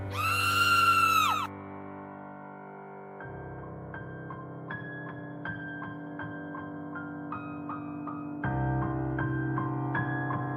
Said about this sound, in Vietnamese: Bỗng dưng một tiếng thét thấu trời phát ra, theo phản xạ tự nhiên, Thật mở mắt ra nhìn, thì thấy cái dông quỷ bị văng ngược về phía bụi tre.